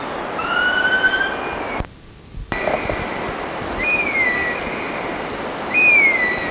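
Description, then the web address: Philippine eagle giving high whistled calls: a lower drawn-out note first, then after a brief silent gap several more, the later ones slurring downward, over steady rushing background noise. "chant xeno-canto aigle des singes"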